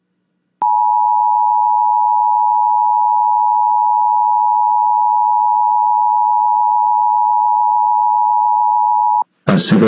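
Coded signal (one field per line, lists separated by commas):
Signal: Emergency Alert System (SAME) tones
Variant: 853 and 960 Hz attention tone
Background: speech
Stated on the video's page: Weekly and monthly EAS tests received.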